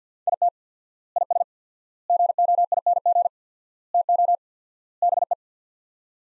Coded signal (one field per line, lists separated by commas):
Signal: Morse code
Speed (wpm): 50 wpm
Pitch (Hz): 700 Hz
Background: none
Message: IT IS GOING TO BE